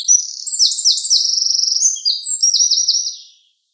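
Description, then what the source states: Eurasian wren song: shrill, fast trilled phrases that tumble quickly from one to the next, ending in a short run of ringing notes. Call of nominate subspecies troglodytes troglodytes.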